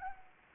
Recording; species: mosquito wingbeat signal from an infrared sensor; Anopheles gambiae